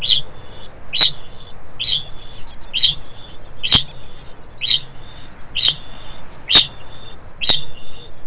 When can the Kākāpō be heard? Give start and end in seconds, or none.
0.00-8.27